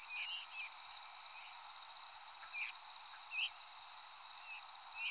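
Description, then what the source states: Veery with a handful of quick slurred notes, heard above a continuous buzzing insect drone. Recorded at Danby on 13 August 2020 at 05:30; descending call type.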